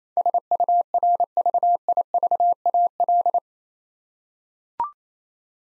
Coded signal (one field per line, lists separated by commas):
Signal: Morse code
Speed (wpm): 29 wpm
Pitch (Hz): 700 Hz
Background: none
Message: SURVIVAL